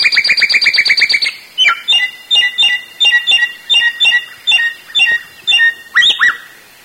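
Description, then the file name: Sooty-headed Bulbul calling: a quick burst of sharp chirps gives way to short multi-note phrases, repeated roughly twice a second. "suara burung samyong"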